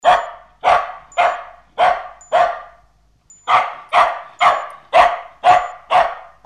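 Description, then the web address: Dog barking in a steady series of sharp, harsh barks about twice a second, a short pause near three seconds, then the barking resumes at the same pace. "Hund"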